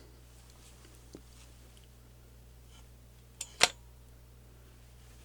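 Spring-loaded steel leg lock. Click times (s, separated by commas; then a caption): 3.4 s, 3.6 s. A spring-loaded stainless steel leg of a Neewer Pro C-stand is pulled open by hand, with no tools, until it snaps into its locked open position. Over a low steady hum, a faint tick comes at about 1.1 seconds, then two sharp metallic clicks at 3.4 and 3.6 seconds, the second the loudest, as the leg locks in place.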